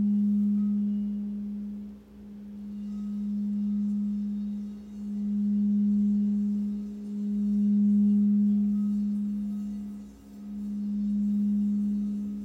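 A crystal bowl rings with a steady low tone that swells and fades in slow waves, dipping briefly about every two to three seconds. A faint higher overtone hangs above it, with soft scattered shimmer in the treble.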